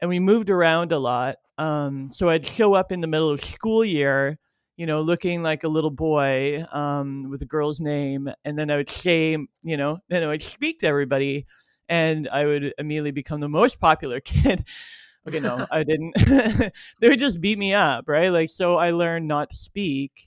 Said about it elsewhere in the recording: So you can probably hear I have a lisp. And when I was a kid, my lisp was much more pronounced, so lateral lisp.